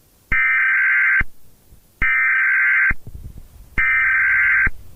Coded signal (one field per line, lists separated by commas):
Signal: Emergency Alert System (SAME) tones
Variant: header bursts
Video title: Nuclear Emergency | A EAS Nuclear War Simulation |